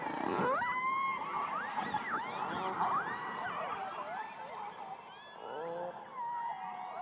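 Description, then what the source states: Orca whistles and pulsed calls underwater, looping up-and-down sweeps that overlap, fading toward the end with a short buzzy pulsed sequence. Underwater recording of orcas.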